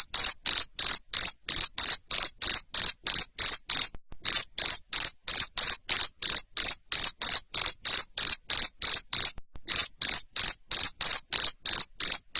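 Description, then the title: Cricket producing a long run of loud, evenly spaced chirps, about three per second, with two brief breaks. Loud cricket chirping played to stimulate lovebirds to sing continuously. "Suara JANGKRIK NGERIK Keras Bikin LOVEBIRD Jadi NGEKEK Terus"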